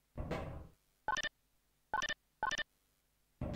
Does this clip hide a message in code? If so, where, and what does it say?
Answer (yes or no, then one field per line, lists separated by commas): no